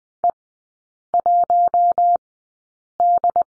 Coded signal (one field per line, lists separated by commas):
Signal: Morse code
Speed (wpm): 20 wpm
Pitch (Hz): 700 Hz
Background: none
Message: E1D